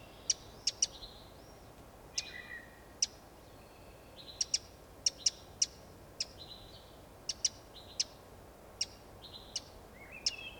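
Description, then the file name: Eurasian wren, sharp clicking call notes, often in quick pairs, repeated irregularly, with short flat whistled notes between them. "Troglodytes troglodytes"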